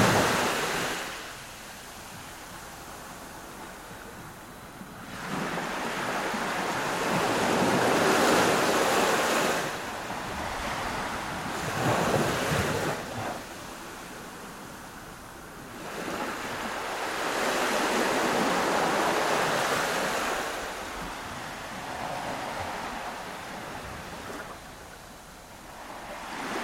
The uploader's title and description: Ocean waves on sandy beach in Madagascar. The sounds of calm ocean waves crashing on a sandy beach in Madagascar.